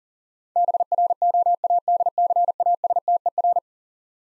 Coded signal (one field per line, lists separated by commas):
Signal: Morse code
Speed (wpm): 40 wpm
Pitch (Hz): 700 Hz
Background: none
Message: BROADCASTER